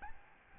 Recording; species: mosquito wingbeat signal from an infrared sensor; Aedes albopictus